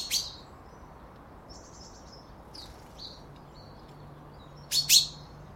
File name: Fringilla coelebs